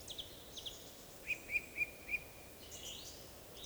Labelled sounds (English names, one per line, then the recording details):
Eurasian Woodcock whistle
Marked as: whistle, whistle
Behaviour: display flight
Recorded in Baden-Württemberg, Germany, on 11 June 2020 at 19:54 UTC
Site 41501, 195 m above sea level